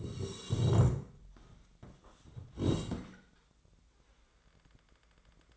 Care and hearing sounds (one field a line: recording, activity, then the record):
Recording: daily activity, microphone in the room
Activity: sit down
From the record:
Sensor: 3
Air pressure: 1012.3 hPa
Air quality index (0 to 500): 174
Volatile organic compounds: 3 ppm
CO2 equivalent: 1338 ppm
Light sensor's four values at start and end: 58/144/65/69 and 93/203/97/111